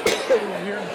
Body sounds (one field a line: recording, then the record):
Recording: coughing mixed with background sound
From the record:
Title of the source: 60 coughing still (deep and wet cough)